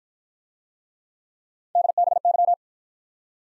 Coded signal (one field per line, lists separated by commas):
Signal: Morse code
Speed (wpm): 53 wpm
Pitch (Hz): 700 Hz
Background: none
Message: DBY